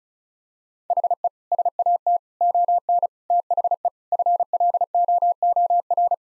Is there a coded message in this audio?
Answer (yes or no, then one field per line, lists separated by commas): yes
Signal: Morse code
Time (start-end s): 0.9-6.1 s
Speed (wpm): 36 wpm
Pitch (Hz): 700 Hz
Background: none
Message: HE SAT ON THE FLOOR